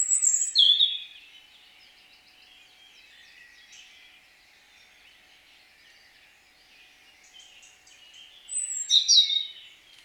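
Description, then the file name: European robin delivering two short, high, liquid warbled phrases at the start and end, with a long quiet pause between them. "Erithacus rubecula"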